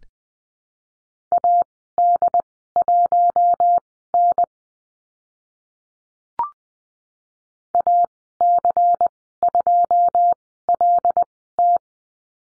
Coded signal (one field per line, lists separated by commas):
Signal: Morse code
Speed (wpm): 20 wpm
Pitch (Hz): 700 Hz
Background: none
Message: AD1N AC2LT